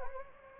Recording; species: mosquito wingbeat signal from an infrared sensor; Anopheles gambiae